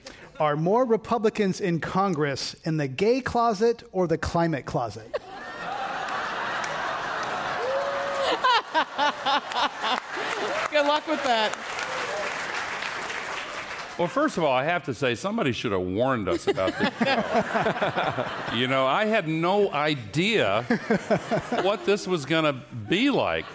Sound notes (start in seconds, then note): 5.1 laughter; 11.7 applause